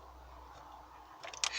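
A plastic heater control slide button is shoved onto its slider lever in the dashboard of a VW Up (2010–2015). Faint rubbing and a small tick near 1.4 s lead to a sharp snap at 1.4 s as the knob seats. The click shows it is on the right way round.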